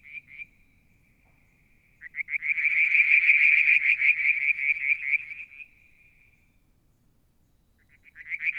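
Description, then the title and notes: Frog calls: brief pulses, a faint steady tone, then a loud run of rapid pulsed notes lasting several seconds, fading, and starting again at the end. Striped marsh frog, Verreaux's tree frog and an unidentified frog calling one evening near the water tank at Mount Wilson, New South Wales, Australia, July 2022. "Frog song, Mount Wilson, New South Wales, Australia in July 2022 – by Alexander Moffatt. Limnodynastes Peronii, Litoria Verreauxii and a mystery frog one evening near the water tank"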